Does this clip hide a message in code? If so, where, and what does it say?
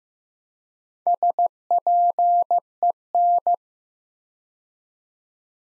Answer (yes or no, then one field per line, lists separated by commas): yes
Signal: Morse code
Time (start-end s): 1.1-3.6 s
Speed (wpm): 15 wpm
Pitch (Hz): 700 Hz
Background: none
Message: SPEN